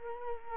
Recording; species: mosquito wingbeat signal from an infrared sensor; Culex quinquefasciatus